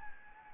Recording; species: mosquito wingbeat signal from an infrared sensor; Anopheles gambiae